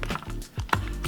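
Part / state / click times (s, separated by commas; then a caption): RAM module into motherboard memory slot / not seated / none. A 16 GB RAM module is handled at a motherboard DIMM memory slot, with faint rustling and light plastic taps, including sharp ticks near 0.7 s and 1.1 s. The module is not yet pushed down, so nothing has seated or clicked into the slot's plastic retention latches yet.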